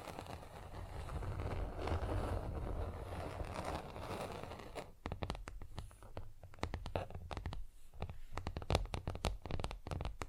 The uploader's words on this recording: ASMR Manicure Session Fast & Rough Nail Filing + Tapping (No Talking).